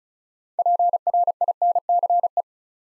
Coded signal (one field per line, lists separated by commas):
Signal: Morse code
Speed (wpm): 36 wpm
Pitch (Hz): 700 Hz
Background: none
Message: PRINCE